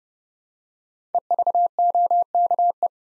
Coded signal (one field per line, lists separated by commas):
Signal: Morse code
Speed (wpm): 30 wpm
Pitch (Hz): 700 Hz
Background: none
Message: EVOKE